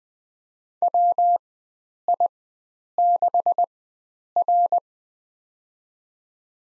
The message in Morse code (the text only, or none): WI6R